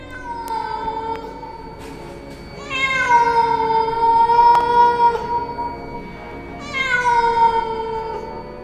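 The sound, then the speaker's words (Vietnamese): A black cat yowls in long, drawn-out mournful wails, three of them, each wavering and sliding in pitch, loud and alone with no talking, as it turns its head from a table by a window before jumping out. “Trước khi nó nhảy ra ngoài, con mèo đen quay đầu nhìn ông anh ba, kêu lên những tiếng nghe não lòng kinh khủng.”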